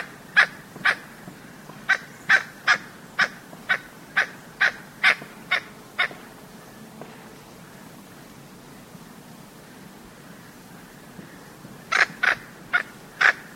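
Blue-banded toucanet: a run of about a dozen harsh croaks, a long quiet pause, then a short burst of four more.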